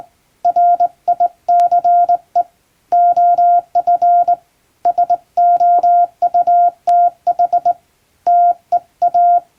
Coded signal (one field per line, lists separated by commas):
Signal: Morse code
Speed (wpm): 21 wpm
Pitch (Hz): 700 Hz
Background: none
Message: RICE OF SOUTH TEA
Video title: 船舶通信士の愛用品！名品日本無線JRCの電鍵で打つトンとツーの綺麗なハーモニー！欧文電報を打ってみました。受信練習にYouTubeの再生速度を設定して聞こう morse code practice